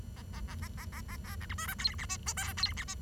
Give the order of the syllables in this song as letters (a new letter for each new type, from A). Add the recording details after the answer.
A A A A A A A B C D E F G H I J K G H I. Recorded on 23 June 2012 at 09:12. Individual gr41rd51